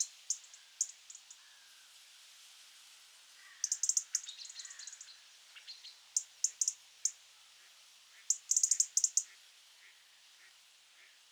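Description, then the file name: European robin, sharp high ticks in irregular groups, some fast runs of five or more, over a light hiss and faint lower notes. "Erithacus rubecula"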